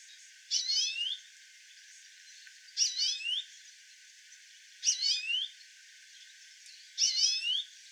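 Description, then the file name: European greenfinch calls: four short twittering bursts of bright, down-slurred notes, roughly one every two seconds, with quiet between them. "Chloris chloris"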